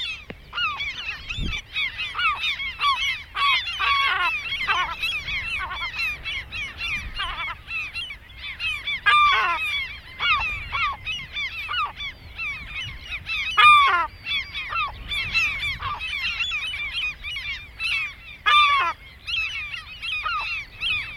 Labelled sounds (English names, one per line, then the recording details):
European Herring Gull call
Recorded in the wild
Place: Langenwerder, Mecklenburg-Vorpommern, DE
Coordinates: 54.027, 11.493
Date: 1969-06-08
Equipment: Nagra III BH, Sennheiser MD 421
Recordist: Schubert, Michael